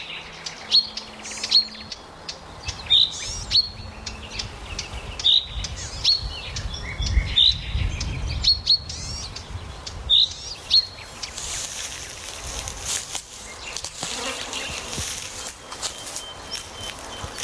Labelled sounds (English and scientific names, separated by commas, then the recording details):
Common Chaffinch (Fringilla coelebs) call
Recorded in the wild
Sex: male
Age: adult
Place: Mühlenbecker Land, OT Buchhorst, Naturpark Barnim, Brandenburg, DE
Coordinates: 52.6736, 13.3908
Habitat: pond
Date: 1988-05-01 11:54
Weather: sunny, 17-25°C
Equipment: Nagra SN, Kopie Tesla B 116
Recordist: Tembrock, Günter